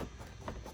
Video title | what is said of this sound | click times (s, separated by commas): How to install JB4 on GTI MK7/Mk7.5 | lock them in. Kind of just clicks right in, | 0.5 s